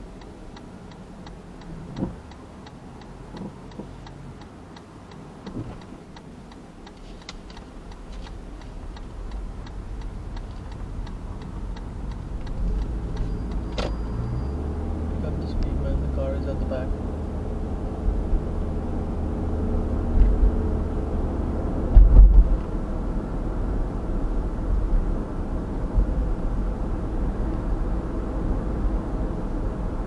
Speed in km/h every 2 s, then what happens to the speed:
0, 0, 0, 0, 7, 12, 17, 24, 30, 37, 42, 48, 47, 48, 49.
0-7 standing. 7-22 pulls away to 48. 22-30 steady at about 48.